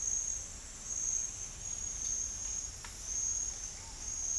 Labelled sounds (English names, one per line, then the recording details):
none
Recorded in dense forest near Puerto Asís, Putumayo, Colombia, on 8 March 2025 at 09:30
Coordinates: 0.484, -76.317
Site G064